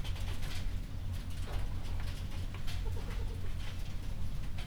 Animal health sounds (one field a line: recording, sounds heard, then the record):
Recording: poultry house recording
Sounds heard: healthy chickens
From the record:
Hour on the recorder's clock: 22